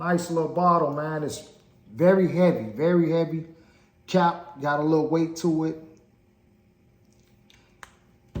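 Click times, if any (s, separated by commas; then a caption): 7.8 s. A man talks about a heavy Lattafa Nebras perfume bottle and its weighty cap for about six seconds. After a quiet pause with a few faint ticks, the cap is pressed onto the bottle neck and snaps into place with a sharp click at 7.8 s, fitting sturdily. A softer knock follows at about 8.4 s.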